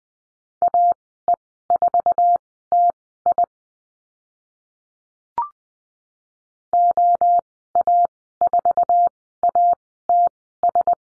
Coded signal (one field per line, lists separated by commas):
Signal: Morse code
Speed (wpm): 19 wpm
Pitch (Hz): 700 Hz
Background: none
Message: AE4TI OA4ATS